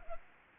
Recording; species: mosquito wingbeat signal from an infrared sensor; Anopheles arabiensis